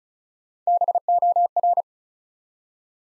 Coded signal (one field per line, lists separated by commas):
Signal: Morse code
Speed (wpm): 36 wpm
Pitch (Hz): 700 Hz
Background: none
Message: BOR